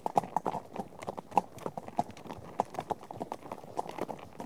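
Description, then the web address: Horses' hooves clopping, many irregular hoofbeats, with no neighing heard. A herd of horses out on a trek. "BBC Sound Effects Library. Herd of horses out on trek"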